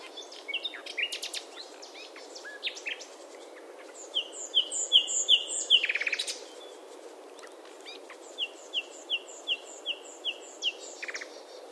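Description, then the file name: Common nightingale song, varied phrases of sharp high notes and buzzy bursts, then a fast run of repeated clear notes, a pause, and another evenly spaced series. "Luscinia megarhynchos"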